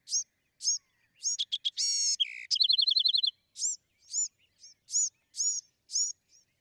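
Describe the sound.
Bewick's wren song: a burst of rising notes, a harsh buzz and a quick run of clipped trill notes, followed by a series of evenly spaced bright chirps.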